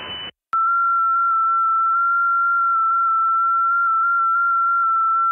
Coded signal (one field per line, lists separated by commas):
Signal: FT8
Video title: Decent Conditions Across Both Ponds On 20m FT8...